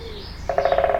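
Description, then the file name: Woodpecker drumming, a quick, even run of several hard taps starting halfway through, after a quiet start. Binaural recording. "Binaural Birds Woodpecker"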